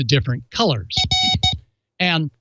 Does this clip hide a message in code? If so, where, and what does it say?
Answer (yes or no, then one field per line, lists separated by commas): no